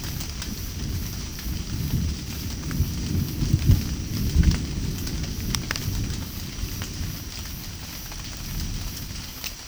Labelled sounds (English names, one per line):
none